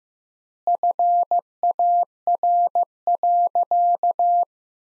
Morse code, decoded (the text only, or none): FAR.